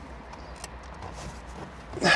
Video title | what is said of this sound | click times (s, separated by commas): Complete Mangoal Dash Cam Install for the 2024+ Toyota Tacoma - Front, Rear & App Setup | Okay, I pushed it forward. I heard it snap a couple times. | 0.6 s